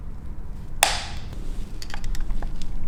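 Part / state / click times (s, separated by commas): solenoid into automatic transmission mechatronic valve body / seated / 0.8 s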